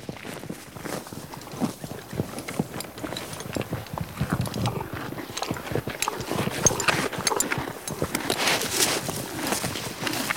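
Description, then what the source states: Horse chewing grass, soft continuous crunching that grows busier and louder toward the end. Horse eating grass.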